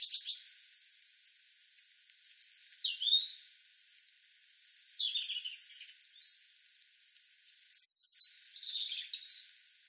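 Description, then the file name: European robin song: high, varied phrases of thin whistles and rapid trills, delivered in several separate bursts with short pauses between them. "Erithacus rubecula"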